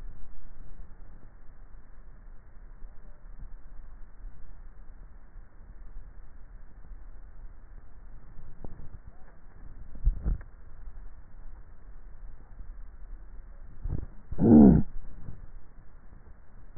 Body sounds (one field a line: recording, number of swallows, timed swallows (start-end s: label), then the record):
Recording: swallowing sounds by neck microphone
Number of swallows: 1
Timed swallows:
9.95-13.92 s: swallow
From the record:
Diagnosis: dysphagia